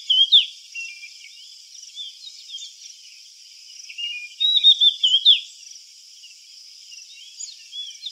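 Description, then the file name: Oriental magpie-robin singing jumbled, rapid whistled and chattering phrases in uneven bursts, over a persistent high-pitched insect drone. "Copsychus saularis"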